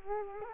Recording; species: mosquito wingbeat signal from an infrared sensor; Culex quinquefasciatus